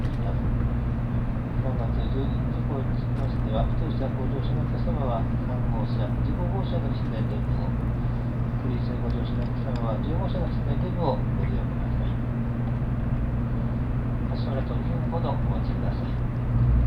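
Inside a Tokaido Shinkansen train, a steady low rumble and hum underlies continuous murmuring voices of passengers, with brief higher clinks scattered throughout.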